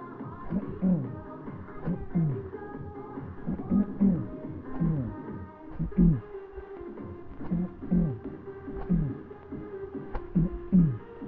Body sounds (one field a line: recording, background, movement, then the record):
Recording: throat clearing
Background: music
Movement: sitting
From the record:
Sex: male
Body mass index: 20.5 kg/m2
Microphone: on the chest, facing the body